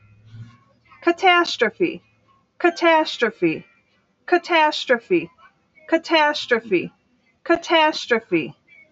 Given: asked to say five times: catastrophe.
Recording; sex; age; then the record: repeated word; female; 30 to 39 years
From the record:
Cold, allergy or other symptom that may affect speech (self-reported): no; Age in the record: 37 years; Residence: New York, United States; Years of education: 13